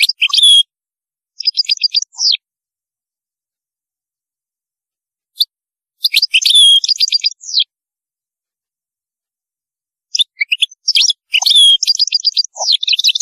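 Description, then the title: European goldfinch song: rapid jangling twitters and slurred notes in bursts separated by short silences. "Chant Chardonneret"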